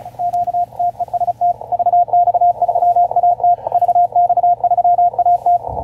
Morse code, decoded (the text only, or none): QTEST VX3AT VX3AT